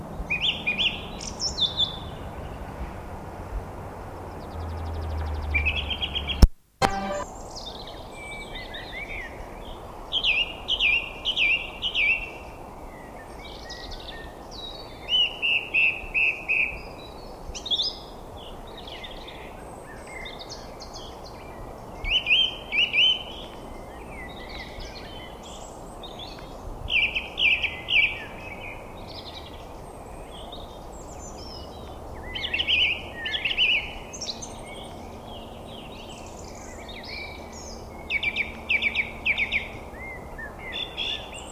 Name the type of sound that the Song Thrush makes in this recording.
song